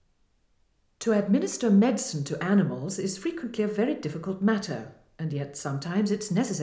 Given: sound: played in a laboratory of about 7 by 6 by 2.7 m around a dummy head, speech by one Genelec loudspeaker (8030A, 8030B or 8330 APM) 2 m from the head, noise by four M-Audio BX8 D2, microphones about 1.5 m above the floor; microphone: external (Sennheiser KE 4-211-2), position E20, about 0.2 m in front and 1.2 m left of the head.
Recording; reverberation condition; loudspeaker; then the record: female speech in English; medium; 90 degrees to the left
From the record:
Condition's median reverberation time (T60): about 510 ms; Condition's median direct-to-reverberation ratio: about -0.5 dB